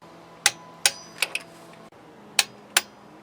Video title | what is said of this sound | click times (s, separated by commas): 1980 Austin Princess - Investigating the Engine Issue | click tells me that it's the torque it should be, it's an old manual one rather than a digital. | 0.5 s, 0.9 s, 2.4 s, 2.8 s